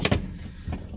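Pressing in the middle of a Fiat Uno's rear seat plywood backing panel seats it into its mounting in the rear seat frame, with a sharp knock at 0.1 s. A softer second knock follows at about 0.7 s. The panel now sits fully in place.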